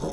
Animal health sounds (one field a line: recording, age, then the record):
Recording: pig call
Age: piglet (1 to 25 days)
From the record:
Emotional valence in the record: negative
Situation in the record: castration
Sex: male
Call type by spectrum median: low-frequency call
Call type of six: low-frequency stable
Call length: 0.14 s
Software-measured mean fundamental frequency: 50 Hz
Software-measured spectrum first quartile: 239 Hz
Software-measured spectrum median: 463 Hz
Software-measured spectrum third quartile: 931 Hz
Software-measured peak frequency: 163 Hz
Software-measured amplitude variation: 96 dB a second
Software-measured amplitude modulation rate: 18.3 a second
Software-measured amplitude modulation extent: 5.2 dB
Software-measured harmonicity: 1.5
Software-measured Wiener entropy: -0.60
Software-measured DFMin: 1325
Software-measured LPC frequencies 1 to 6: 470, 3546, 5444, 6278, 7798, 9514 Hz